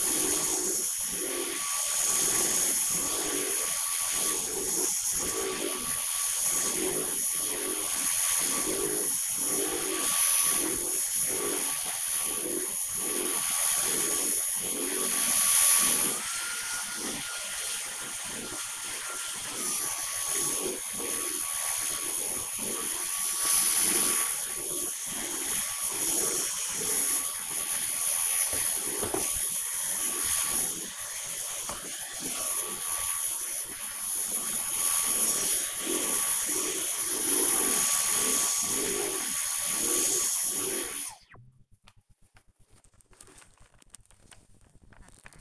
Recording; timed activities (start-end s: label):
household activities, microphone on the right wrist
0.00-41.20 s: vacuum cleaning